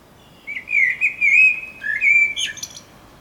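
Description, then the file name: Common blackbird song: a smooth wavering whistled phrase, a lower fluty note, then a short scratchy high flourish at the end. "Turdus merula"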